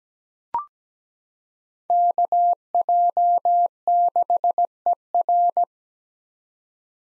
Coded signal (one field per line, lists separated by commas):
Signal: Morse code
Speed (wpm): 17 wpm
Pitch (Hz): 700 Hz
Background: none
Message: KJ6ER